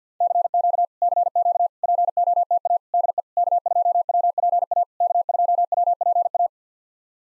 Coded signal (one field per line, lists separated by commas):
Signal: Morse code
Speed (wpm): 52 wpm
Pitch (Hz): 700 Hz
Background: none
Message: CQ CQ POTA DE K2WPA K2WPA